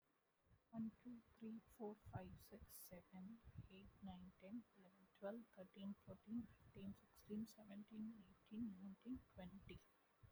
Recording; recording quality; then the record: counting at a fast pace; excellent, no background noise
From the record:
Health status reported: healthy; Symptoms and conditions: cough, breathing difficulty, sore throat, fever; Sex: female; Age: 38 years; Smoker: not ticked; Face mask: not worn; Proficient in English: yes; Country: India